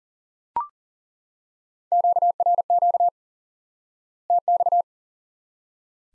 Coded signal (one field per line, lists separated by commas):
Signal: Morse code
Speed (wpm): 40 wpm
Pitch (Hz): 700 Hz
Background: none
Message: QRQ TX